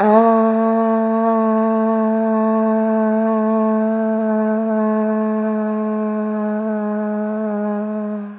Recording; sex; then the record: sustained vowel /a/; female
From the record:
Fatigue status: fatigue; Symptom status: symptomatic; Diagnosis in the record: COVID-19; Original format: 3gp